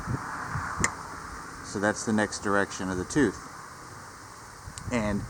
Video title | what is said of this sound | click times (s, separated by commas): DRPower Stump Grinder Teeth Rotation | It's got a little key on here that will lock into place, | 0.8 s